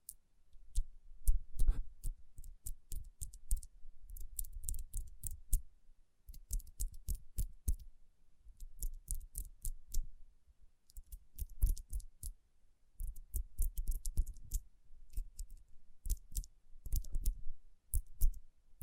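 Fingertips tap and rub over rhinestone-covered palms, making dense bursts of sharp, crisp clicks with a soft low thump beneath them. The tapping comes in clusters of a second or two, separated by brief near-silent pauses, and continues unevenly throughout.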